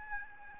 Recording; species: mosquito wingbeat signal from an infrared sensor; Aedes albopictus